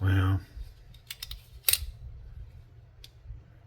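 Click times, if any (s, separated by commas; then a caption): 1.7 s. A person works the blade of a Cold Steel Swift III folding knife, producing a few light clicks around 1.1 to 1.3 seconds. The blade lock then snaps into place with a loud click at 1.7 seconds, and the lock is seated. Someone talks at the start, and there is a faint tick near 3.0 seconds.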